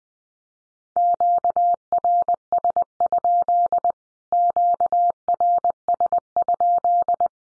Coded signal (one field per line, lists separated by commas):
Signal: Morse code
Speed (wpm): 20 wpm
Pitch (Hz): 700 Hz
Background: none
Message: QRS? QRS?